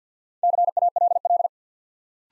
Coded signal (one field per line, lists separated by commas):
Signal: Morse code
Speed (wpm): 50 wpm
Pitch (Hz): 700 Hz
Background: none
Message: CALL